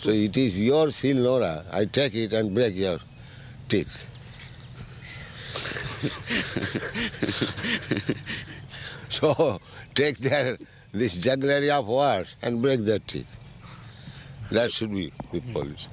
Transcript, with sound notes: So it is your śilā nora. I take it and break your teeth. [laughter] So take their this jugglery of words and break their teeth. That should be the policy.